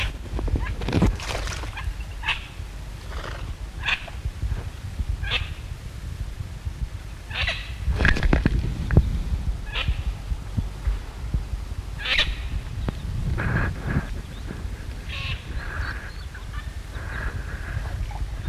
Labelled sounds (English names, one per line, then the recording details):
Garganey alarm call
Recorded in the wild
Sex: diverse
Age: diverse
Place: Husum, Schleswig-Holstein, DE
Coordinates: 54.4844, 9.0598
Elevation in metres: 12
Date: 1969-06-10
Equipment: Halbspur, 9,5 cm/s
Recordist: Lütgens, Hans